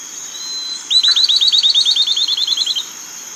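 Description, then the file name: Bird giving a fast, high trill of many repeated notes lasting about two seconds, over a steady high background tone. "SABIOD 50 bird 2015"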